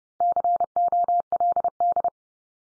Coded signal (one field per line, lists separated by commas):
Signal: Morse code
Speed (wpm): 30 wpm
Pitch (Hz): 700 Hz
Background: none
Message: COLD